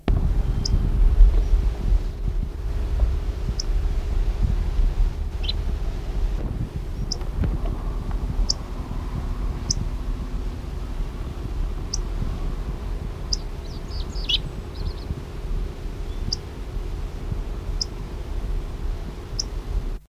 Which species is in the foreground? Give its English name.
Corn Bunting